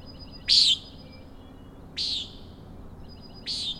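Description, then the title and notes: Common nighthawk sounding three buzzy peents about one and a half seconds apart, the first loudest, with a faint stuttering rattle in the gaps. Three birds flying in a close follow-the-leader formation near the recordist, peenting and a rattling noise; Schoodic Head overlook, Acadia National Park, Winter Harbor, Maine; 061617, 4am. "Common Nighthawks, Schoodic Head 061617 4am. 3 common nighthawks making peenting calls and wings booms but also a rattling noise at the Overlook (410 ft) on Schoodic Head (435 feet) Schoodic division Acadia National Park Winter Harbor, ME"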